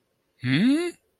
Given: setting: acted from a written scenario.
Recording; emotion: vocal sound without words; confusion